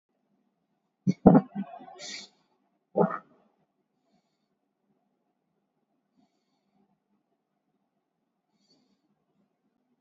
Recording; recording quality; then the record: shallow breathing; excellent, no background noise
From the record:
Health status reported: COVID-19 positive, mild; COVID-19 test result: positive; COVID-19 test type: RT-PCR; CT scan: taken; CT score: 3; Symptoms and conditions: cold, fatigue, loss of smell and taste, hypertension, diabetes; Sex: male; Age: 76 years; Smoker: no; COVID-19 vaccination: both doses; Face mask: worn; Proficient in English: yes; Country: India